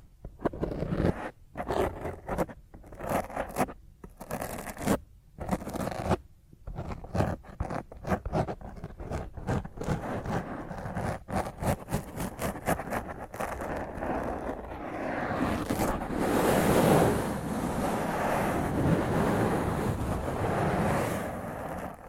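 Rough fingernail scratching on a microphone, choppy bursts with short gaps early on, merging into a dense, continuous harsh rasp after fifteen seconds.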